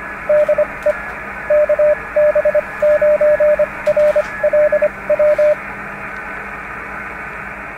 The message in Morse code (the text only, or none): DE KB9RLW